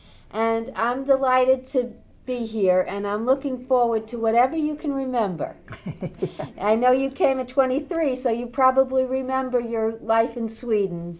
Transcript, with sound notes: And I'm delighted to be here, and I'm looking forward to whatever you can remember. (laughs) I know you came at twenty-three, so you probably remember your life in Sweden...